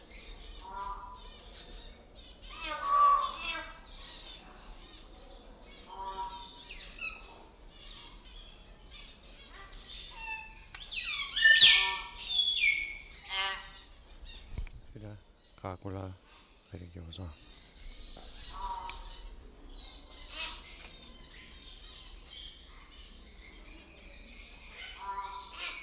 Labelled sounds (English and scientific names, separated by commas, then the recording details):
Yellow-faced Myna (Mino dumontii) call
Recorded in captivity
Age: adult
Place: Vogelpark Bad Rothenfelde, Niedersachsen, DE
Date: 1991-09-16 15:44
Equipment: Marantz, Sennheiser ME 80, Kopie Tesla B 116
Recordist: Tembrock, Günter